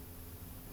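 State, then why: Not seated. A small wire clip holding the float needle of a 1996 Evinrude/Johnson 15 hp outboard carburetor is handled while being pressed onto the float tab. Only a steady broadband hiss with a low hum is heard, with no distinct transients. Nothing has seated or clicked yet.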